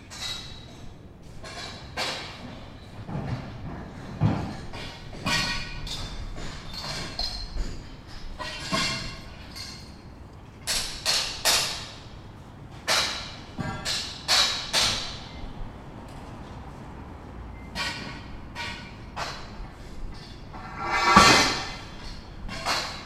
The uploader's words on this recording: Steiger bouwen/Building a scaffold Theresia van Ávila kerk, Den Haag. Due to unsound renovations 2 years ago they had to construct another a scaffold around the Theresia of Ávila church in The Hague.